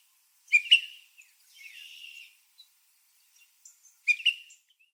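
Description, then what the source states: Bird chirps: a couple of sharp double notes separated by a quieter, scratchy buzz, over a near-silent background. Arizona.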